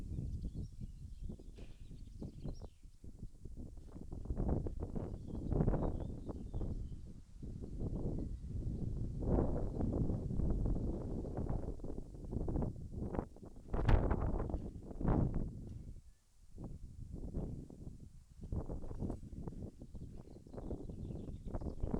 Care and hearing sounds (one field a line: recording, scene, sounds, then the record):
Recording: everyday scene through a hearing-aid microphone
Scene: wind on the microphone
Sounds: wind, other noises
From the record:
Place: in front of a rural house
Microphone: behind the ear, left, front